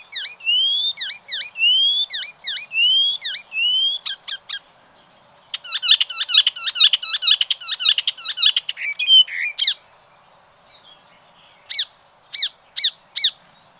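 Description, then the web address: Bird calling in a lively, varied string of sharp high chirps and downslurred whistles, a pause near ten seconds, then a few spaced single chirps. "ornitologiya slovar Ptichki"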